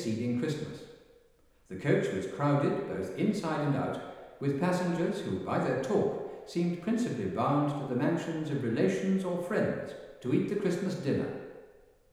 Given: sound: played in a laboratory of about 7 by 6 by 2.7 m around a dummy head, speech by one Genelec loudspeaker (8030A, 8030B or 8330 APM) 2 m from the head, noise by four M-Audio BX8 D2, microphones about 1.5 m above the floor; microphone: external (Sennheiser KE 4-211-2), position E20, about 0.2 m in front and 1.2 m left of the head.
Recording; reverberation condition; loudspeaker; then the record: male speech in English; high; 120 degrees to the left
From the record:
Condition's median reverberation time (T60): about 1300 ms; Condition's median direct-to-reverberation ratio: about -4.0 dB